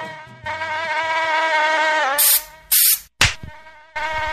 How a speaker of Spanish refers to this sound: No me moleste mosquito, no me moleste mosquito, no me moleste mosquito.